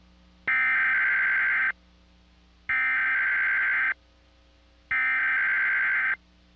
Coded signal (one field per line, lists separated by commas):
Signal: Emergency Alert System (SAME) tones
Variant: header bursts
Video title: EAS Weekly Test – WMDT-TV 47, Salisbury, MD (4/29/2003)